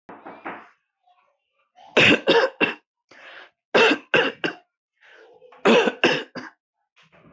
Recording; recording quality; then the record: shallow voluntary cough; excellent, no background noise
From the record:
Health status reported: healthy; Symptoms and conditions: cough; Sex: male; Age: 37 years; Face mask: not worn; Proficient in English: yes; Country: India